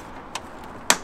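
A spring clip on the plastic air filter housing lid of a BMW F30 320i ED with the N13 engine is snapped shut by hand. A faint tick at 0.4 s is followed by a sharp, bright snap at 0.9 s as the clip seats and locks the lid closed.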